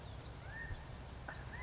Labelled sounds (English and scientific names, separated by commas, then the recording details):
California Quail (Callipepla californica)
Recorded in Sonoma County, California